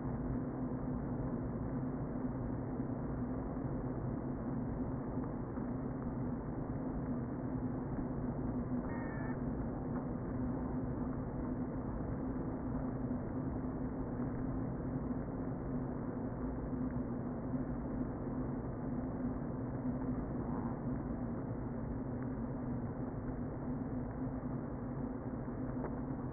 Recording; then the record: honeybee colony, microphone inside the hive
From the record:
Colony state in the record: queen present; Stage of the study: before two queens were removed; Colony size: about 60,000 bees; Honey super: yes